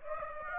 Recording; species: mosquito wingbeat signal from an infrared sensor; Aedes aegypti